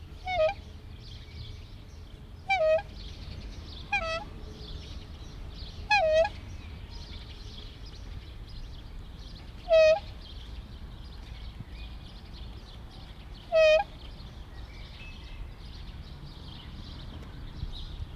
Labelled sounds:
Black Swan call
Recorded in captivity
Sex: female
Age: adult
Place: Zoo Rostock, Mecklenburg-Vorpommern, DE
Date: 1973-05-22 12:20
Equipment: Uher 4200 Report Stereo, Sennheiser MD 421, Verstärker
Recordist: Tembrock, Günter

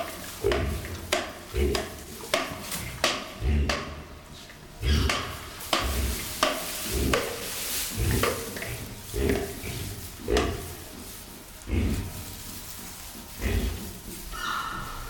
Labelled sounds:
White-lipped Peccary
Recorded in captivity
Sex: diverse
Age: diverse
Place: Zoo Berlin, Berlin, DE
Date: 1996-04-20 17:57
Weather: sonnig, 23°C
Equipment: Sony MD-WM MZ-R3, Sennheiser MKH 416 T, Kopie Uher 4000 Report Monitor
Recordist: Tembrock, Günter

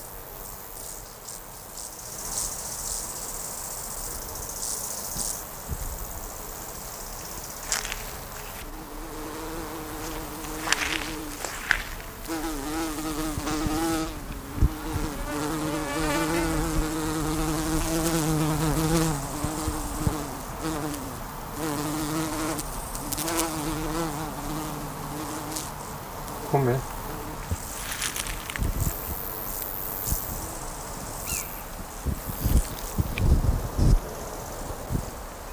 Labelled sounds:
Field Grasshopper stridulation
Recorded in the wild
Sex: male
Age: imago
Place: Mühlenbecker Land, OT Summt, Brandenburg, DE
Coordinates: 52.7, 13.3667
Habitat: heath
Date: 1990-08-12 14:52
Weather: slightly sunny, 28°C
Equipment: Marantz, Sennheiser ME 80
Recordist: Tembrock, Günter

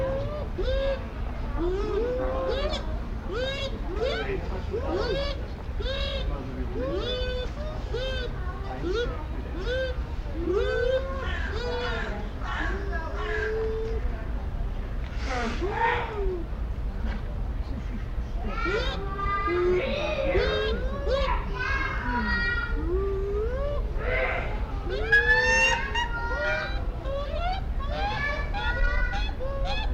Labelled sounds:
Bush Dog
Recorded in captivity
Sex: pair
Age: adult
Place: Zoo Berlin, Berlin, DE
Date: 1994-08-27 13:27
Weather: heiter, 15-20°C
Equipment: Marantz CP 430, Sennheiser ME 80, Kopie Uher Variocord 263
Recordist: Tembrock, Günter

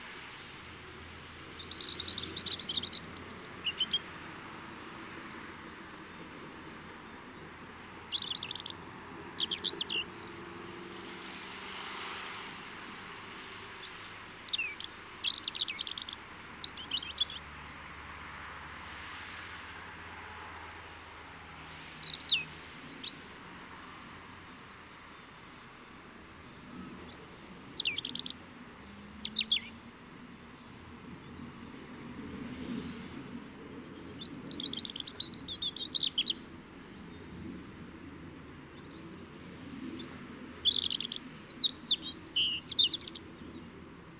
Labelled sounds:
European Robin song
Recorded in the wild
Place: Kaiserslautern, Rheinland-Pfalz, DE
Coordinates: 49.4247, 7.77889
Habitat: garden
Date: 1978-03-29
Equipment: Nagra IV, Sennheiser MKH 405, Parabolreflektor
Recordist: Tretzel, Erwin

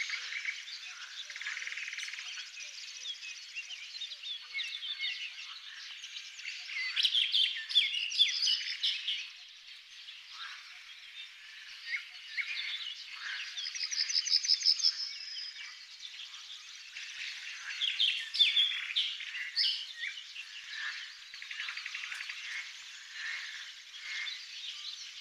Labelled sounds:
Barred Warbler song
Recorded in the wild
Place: Pripyatskiy NP, BY
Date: 2005-05-27
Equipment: Minidisc Sony MZ-R35, Telinga DAT, Telinga-Parabolspiegel
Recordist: Schwarz, Dieter
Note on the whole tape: Song

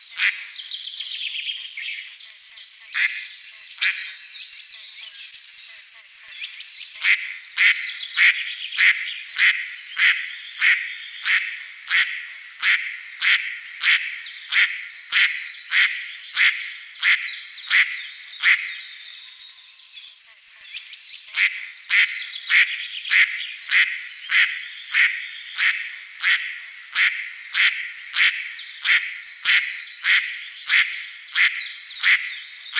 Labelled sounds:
Mallard
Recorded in the wild
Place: NSG Taubergießen / Reg.-Präs. Freiburg im Breisgau, Baden-Württemberg, DE
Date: 1976-03-27
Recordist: Schwarz, Dieter
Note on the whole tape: Song

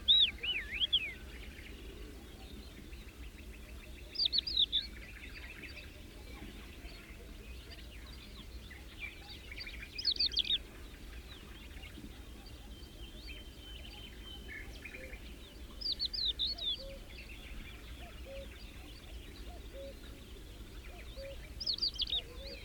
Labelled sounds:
Crested Lark song
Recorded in the wild
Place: Dumbraveni, Transilvania, RO
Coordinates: 46.23, 24.575
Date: 1973-05-01
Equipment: Nagra III BH, Sennheiser MD 21, parabola
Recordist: Schubert, Michael
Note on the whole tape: Gesang Haubenlerche

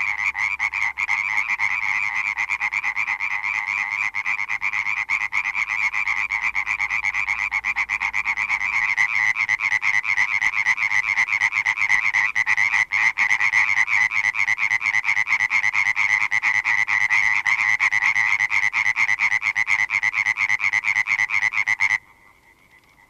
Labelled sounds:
Common Tree Frog call
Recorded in the wild
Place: Tannenberg, DE
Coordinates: 50.805, 8.7625
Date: 1965-05-18
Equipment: Uher Report 4000, AKG D190
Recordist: Krey, Winfried

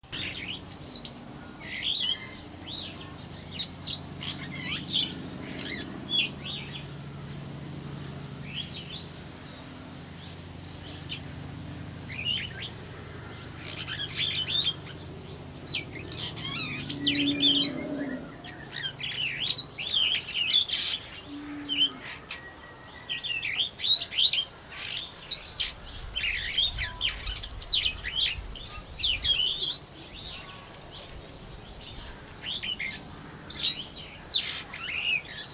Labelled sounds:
Daurian Starling song
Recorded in captivity
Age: adult
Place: Zoo Berlin, Berlin, DE
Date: 1997-10-18 12:46
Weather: sunny, 12-15°C
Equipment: Nagra SN, Kopie Uher 4000 Report Monitor
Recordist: Tembrock, Günter
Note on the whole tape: Gesang, Entfernung ca. 6 m

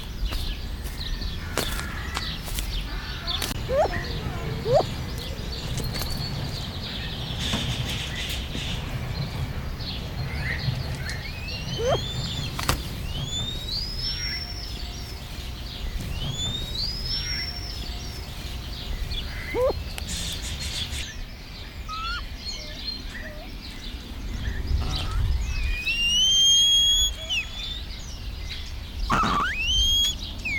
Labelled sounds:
Bare-faced Curassow
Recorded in captivity
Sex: pair
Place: Zoo Berlin, Berlin, DE
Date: 1996-04-27 18:17
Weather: heiter, 17°C
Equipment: Sony MD-WM MZ-R3, Sennheiser MKH 416 T, Kopie Uher 4000 Report Monitor
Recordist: Tembrock, Günter

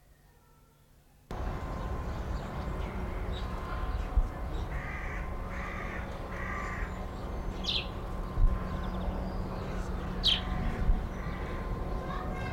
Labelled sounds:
Arabian Golden Sparrow call
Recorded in captivity
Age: adult
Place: Zoo Berlin, Berlin, DE
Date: 1994-04-02 12:04
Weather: wolkig bis heiter, 8-10°C
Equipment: Marantz CP 430, Sennheiser ME 80, Kopie Uher Variocord 263
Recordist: Tembrock, Günter

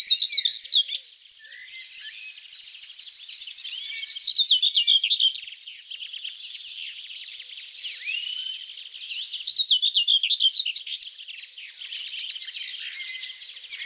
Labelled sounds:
Common Whitethroat song
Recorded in the wild
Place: Flögelner See, Schleswig-Holstein, DE
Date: 2007-06-06
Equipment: MiniDisc Sharp MT 20 H
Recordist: Schwarz, Dieter

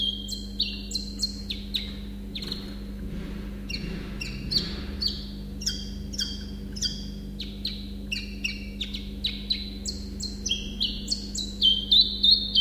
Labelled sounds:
Common Chiffchaff song
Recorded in captivity
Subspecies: collybita
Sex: male
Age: adult
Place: Zoologisches Institut Universität Tübingen, Baden-Württemberg, DE
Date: 1965-05-18 10:25
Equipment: Nagra III PH, kleiner englischer Parabolspiegel, LGS26
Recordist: Schneider, Hans-Joachim

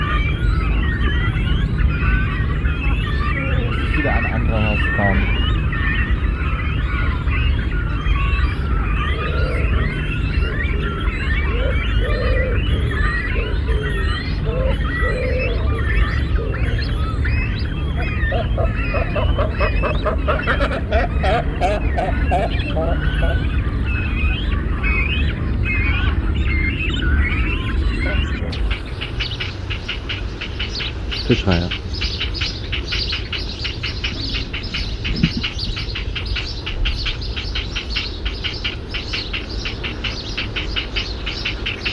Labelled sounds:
Great Cormorant call
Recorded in the wild
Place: Niederhof, Insel Rügen, Mecklenburg-Vorpommern, DE
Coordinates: 54.257, 13.195
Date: 1970-06-05
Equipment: Nagra III BH, Sennheiser MD 21, parabola
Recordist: Schubert, Michael

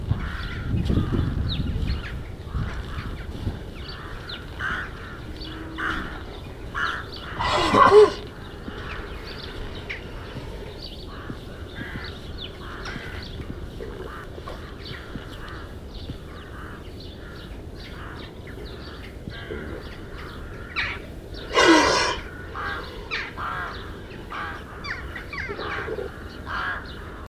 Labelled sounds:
Moose
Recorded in captivity
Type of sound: cough
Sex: male
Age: adult
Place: Tierpark Berlin, Berlin, DE
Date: 1968-03-03 09:00
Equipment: R 20/1, Sennheiser MD 421
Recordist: Tembrock, Günter
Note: Husten. Abstand: 3 m. Aufnahmezeit: 9.00-12.00 Uhr

